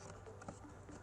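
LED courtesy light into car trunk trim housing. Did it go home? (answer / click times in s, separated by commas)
no / none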